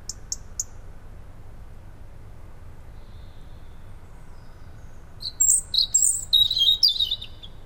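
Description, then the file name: European robin sings three short high ticking notes, then a long quiet pause before a rapid, high, tinkling warbled phrase near the end. "Erithacus rubecula"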